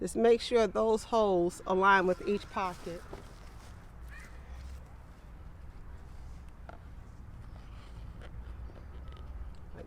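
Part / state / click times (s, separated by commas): plastic planter tier stacking onto the tier below / not seated / none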